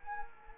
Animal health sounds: mosquito wingbeat signal from an infrared sensor; Anopheles arabiensis

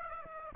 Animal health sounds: mosquito wingbeat signal from an infrared sensor; Aedes aegypti

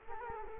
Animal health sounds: mosquito wingbeat signal from an infrared sensor; Culex quinquefasciatus

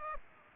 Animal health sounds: mosquito wingbeat signal from an infrared sensor; Aedes aegypti

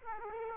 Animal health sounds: mosquito wingbeat signal from an infrared sensor; Aedes aegypti

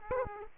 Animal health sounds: mosquito wingbeat signal from an infrared sensor; Aedes aegypti

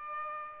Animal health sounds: mosquito wingbeat signal from an infrared sensor; Aedes aegypti

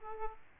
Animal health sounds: mosquito wingbeat signal from an infrared sensor; Aedes aegypti

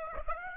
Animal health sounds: mosquito wingbeat signal from an infrared sensor; Aedes aegypti

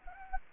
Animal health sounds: mosquito wingbeat signal from an infrared sensor; Anopheles gambiae

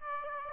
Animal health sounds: mosquito wingbeat signal from an infrared sensor; Aedes aegypti

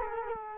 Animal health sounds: mosquito wingbeat signal from an infrared sensor; Culex quinquefasciatus

